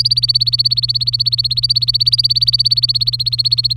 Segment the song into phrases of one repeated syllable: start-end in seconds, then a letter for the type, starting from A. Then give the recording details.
0.00-3.77 A. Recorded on 23 April 2018 at 15:19. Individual llb3